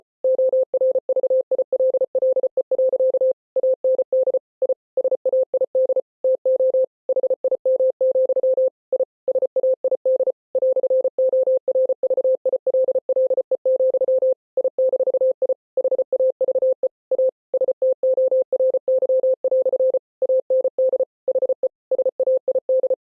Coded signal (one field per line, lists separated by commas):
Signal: Morse code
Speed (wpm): 33 wpm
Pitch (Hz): 520 Hz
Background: none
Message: ORVILLE. AND I SAID TO HIM, I SAID "ORVILLE, I-I HAVE A STORY" AND HE SAID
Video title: Mr. Hippo Speech but ITS IN MORSE CODE! [Flashing lights warning!]